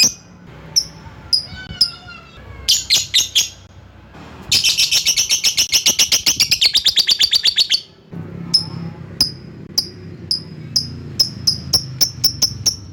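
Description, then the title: Lovebird calls: scattered sharp high chirps, a quick cluster of notes, then a long rattling buzzy chatter, ending in fast repeated chirps. Lovebird calling a rival. "Lovebird Memanggil Lawan"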